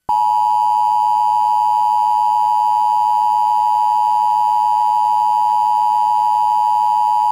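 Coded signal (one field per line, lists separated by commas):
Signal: Emergency Alert System (SAME) tones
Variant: 853 and 960 Hz attention tone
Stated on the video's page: Two Emergency Broadcast System required monthly tests recorded off cable TV on a DVR, one probably from the cable company.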